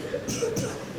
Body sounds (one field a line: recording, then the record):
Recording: coughing mixed with background sound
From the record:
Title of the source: Spring Cold Coughing.